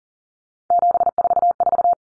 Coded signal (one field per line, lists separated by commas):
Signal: Morse code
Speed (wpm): 40 wpm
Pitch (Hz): 700 Hz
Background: none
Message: 744